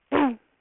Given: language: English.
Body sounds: throat vibration sensor signal played as sound; throat clearing

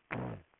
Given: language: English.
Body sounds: throat vibration sensor signal played as sound; throat clearing

